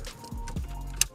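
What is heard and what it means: The other end of a vehicle-specific wiring harness connector is plugged into the socket on the back of an Acura TLX car radio. It snaps home with a sharp plastic click at 1.0 s, and the connector is seated. There is low rumbling and rustling before the click, and no one talks.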